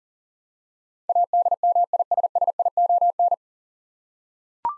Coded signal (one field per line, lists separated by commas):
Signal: Morse code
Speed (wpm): 38 wpm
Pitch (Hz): 700 Hz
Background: none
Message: ADMISSION